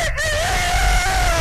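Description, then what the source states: Rooster crow fragment, a single sustained, level, strongly harmonic note held for over a second. Rooster crowing contest.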